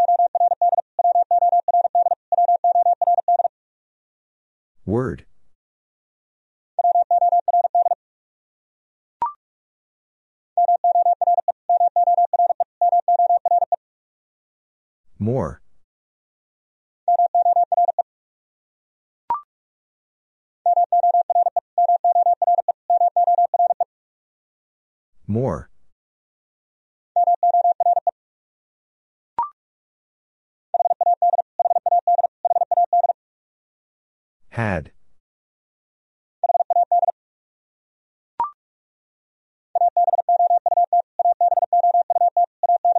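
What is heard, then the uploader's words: A steady mid-pitched tone keys on and off in Morse code patterns of long and short bursts, with gaps between groups. About every ten seconds a sharp rising sweep cuts through, followed by a faint short blip a few seconds later. Top 100 Words Repeated 45wpm. These are the most common 100 words in English. First, the word is sent three times in Morse code. Then it is spoken.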